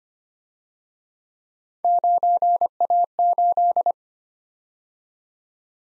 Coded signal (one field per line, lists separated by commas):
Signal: Morse code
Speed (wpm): 30 wpm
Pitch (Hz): 700 Hz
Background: none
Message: 9A8